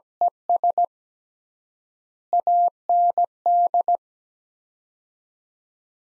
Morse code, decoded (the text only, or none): ES AND